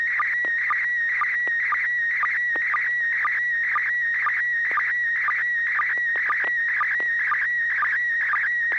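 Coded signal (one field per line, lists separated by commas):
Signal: SSTV (slow-scan television)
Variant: PD120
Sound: warbling whistle-like tone with a short low blip about twice a second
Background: low steady hum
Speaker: roger here goes uh first off let's make sure i got [Applause] vd-120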